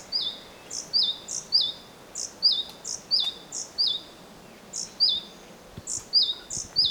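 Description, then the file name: Great tit giving a high note then a lower squiggled note, repeated rapidly, with faint clicks. "Parus major"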